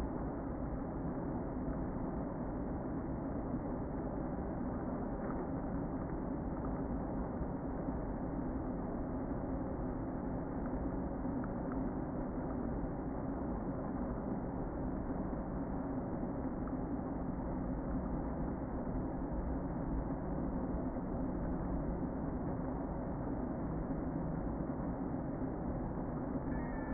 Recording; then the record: honeybee colony, microphone inside the hive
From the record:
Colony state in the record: queen present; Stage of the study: before two queens were removed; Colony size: about 60,000 bees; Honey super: yes